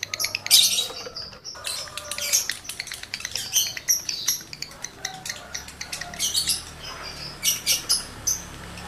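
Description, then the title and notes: Lovebird song: bursts of shrill screechy chirps mixed with fast clicking chatter, ending in a series of sharp squeaky notes. Male lovebird in breeding condition; the song is used as a lure to stimulate other lovebirds to sing. "Birahi Lovebird Jantan ke Gacor. Pancingan Suara Lovebird jantan birahi"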